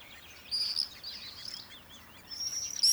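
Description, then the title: Swallow twittering: a few quick, high chirps and short warbled notes in bursts, with a soft breezy background hiss. Swallows crossing a wheat field near a forest on a mild, windy summer morning. "larnichtsberg, swallows"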